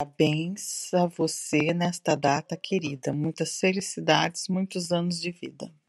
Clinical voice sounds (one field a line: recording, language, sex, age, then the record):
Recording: short text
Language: Brazilian Portuguese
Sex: female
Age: 50 to 59 years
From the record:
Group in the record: control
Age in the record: 55 years